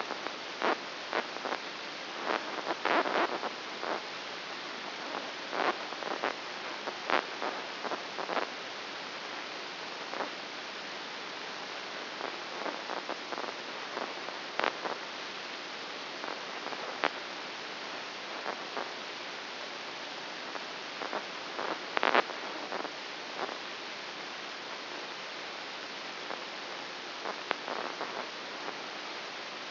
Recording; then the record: brain microelectrode recording played as sound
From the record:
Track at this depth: inside the subthalamic nucleus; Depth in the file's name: 3.202 mm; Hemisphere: right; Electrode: 2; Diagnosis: Parkinson's disease